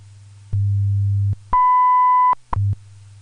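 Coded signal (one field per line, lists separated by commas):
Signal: radio time signal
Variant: WWV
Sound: low 100 Hz hum, then an 0.8-second 1 kHz beep, then more hum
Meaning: The 1000 Hz tone marks the start of a new minute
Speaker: at the tone 23 hours 10 minutes coordinated universal time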